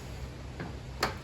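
A hand reaches under the semi-open bonnet of a third-generation Mazda 3 and pushes the secondary safety latch lever across to the right. A faint tick comes at 0.6 s, then the latch releases with a sharp click at 1.0 s. The bonnet can now be opened.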